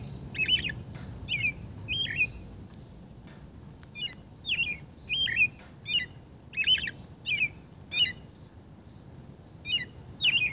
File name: Robin